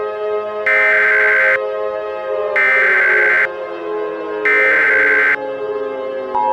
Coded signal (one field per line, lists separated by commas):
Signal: Emergency Alert System (SAME) tones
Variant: header bursts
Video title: Half Life: A Virus EAS Scenario (#10)